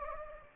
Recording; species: mosquito wingbeat signal from an infrared sensor; Anopheles gambiae